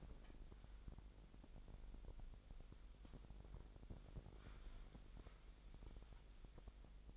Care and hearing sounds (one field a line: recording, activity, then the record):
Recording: daily activity, microphone in the room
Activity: wipe stove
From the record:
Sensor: 5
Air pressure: 1001.0 hPa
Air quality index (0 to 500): 247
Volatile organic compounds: 34 ppm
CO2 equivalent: 3042 ppm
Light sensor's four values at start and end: 30/67/27/25 and 29/67/27/25